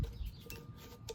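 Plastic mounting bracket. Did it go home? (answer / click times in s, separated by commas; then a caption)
no / none. A Midland MXT575 mobile radio unit is slid into its plastic quick-release mounting bracket with side panels during an install in a Ford F250. Low handling rumble is heard with brief sharp ticks near 0.5 and 1.1 seconds. Nothing has seated or clicked yet.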